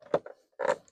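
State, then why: Not seated. A plastic door handle trim cover is worked into the door panel of a 1999–2006 Chevy Silverado or GMC Sierra truck. A sharp handling knock lands at 0.1 s, followed by a longer burst of rubbing and scraping from about 0.6 to 0.8 s. Nothing has seated or clicked yet.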